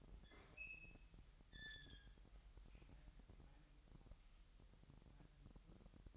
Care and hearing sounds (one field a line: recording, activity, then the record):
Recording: daily activity, microphone in the room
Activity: open fridge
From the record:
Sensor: 3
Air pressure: 1002.0 hPa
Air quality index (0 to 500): 246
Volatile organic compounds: 51 ppm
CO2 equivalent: 3306 ppm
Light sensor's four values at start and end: 12/36/16/13 and 12/36/16/13